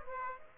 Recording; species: mosquito wingbeat signal from an infrared sensor; Aedes aegypti